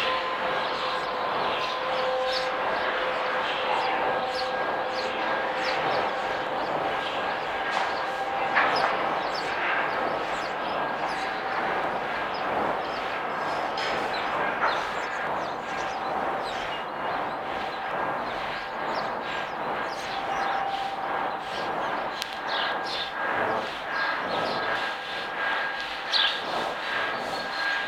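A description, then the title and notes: Field recording around Telliskivi: a dense, steady outdoor hum of traffic and city noise fills the whole stretch, with faint sustained tones drifting through. Small clicks, knocks and brief bursts of activity pop up irregularly, with slightly louder moments near 9, 14 and 27 seconds. In July of 2013 I made a series of field recordings around Telliskivi for a friend who was collecting material on 'soundscapes of creative industries'.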